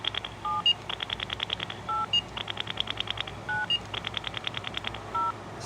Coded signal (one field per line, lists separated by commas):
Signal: DTMF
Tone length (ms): 180 ms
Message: 7 8 9 0